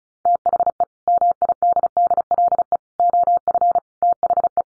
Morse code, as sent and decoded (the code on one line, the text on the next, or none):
- .... . / -- .. -.. -.. .-.. . / --- ..-. / - .... .
THE MIDDLE OF THE